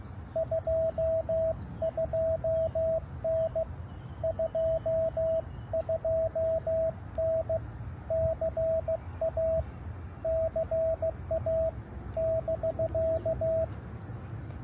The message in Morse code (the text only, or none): 22N 22N CA CA <BK>